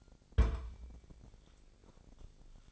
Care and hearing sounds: daily activity, microphone in the room; place on stove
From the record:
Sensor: 5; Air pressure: 999.5 hPa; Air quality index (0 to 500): 221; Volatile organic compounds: 20 ppm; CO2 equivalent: 2700 ppm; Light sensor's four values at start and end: 31/69/28/28 and 32/72/29/29

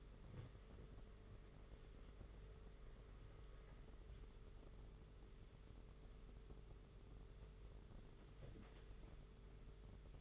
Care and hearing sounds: daily activity, microphone in the room; wipe stove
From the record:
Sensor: 4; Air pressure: 992.3 hPa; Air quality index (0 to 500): 111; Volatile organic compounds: 19 ppm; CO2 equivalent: 2672 ppm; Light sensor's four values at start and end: 22/76/28/29 and 22/76/28/29

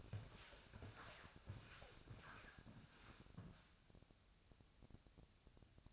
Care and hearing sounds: daily activity, microphone in the room; walk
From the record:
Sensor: 2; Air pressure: 1000.3 hPa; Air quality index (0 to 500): 163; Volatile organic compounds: 3 ppm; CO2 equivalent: 1364 ppm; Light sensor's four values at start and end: 14/38/15/17 and 15/39/15/17

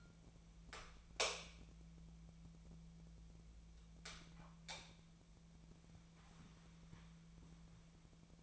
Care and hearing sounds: daily activity, microphone in the room; light on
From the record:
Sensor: 1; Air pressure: 1000.0 hPa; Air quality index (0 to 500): 132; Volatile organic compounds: 2 ppm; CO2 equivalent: 1244 ppm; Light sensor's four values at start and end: 29/72/30/37 and 33/90/37/44

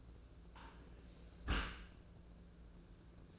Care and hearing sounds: daily activity, microphone in the room; close dishwasher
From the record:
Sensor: 2

